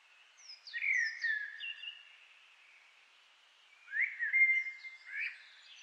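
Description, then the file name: Common blackbird giving mellow, fluting whistled phrases with a falling and rising pattern, in two bursts separated by a pause of about two seconds. "Turdus merula"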